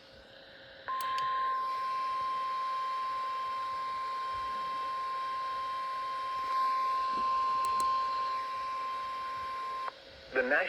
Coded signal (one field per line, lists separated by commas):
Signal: Emergency Alert System (SAME) tones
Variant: 1050 Hz attention tone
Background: speech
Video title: WNG586 Wakefield Tornado Warning - EAS 963 - 12/10/23